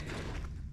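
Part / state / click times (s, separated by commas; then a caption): trap dog latching against the pan notch of a steel foothold trap / not seated / none. A steel foothold trap is handled as its jaw is pressed down toward the point where the trap dog catches under the pan notch to hold it set. Low rumbling handling noise runs throughout, with one short thump near 0.5 s. Nothing has seated or clicked yet.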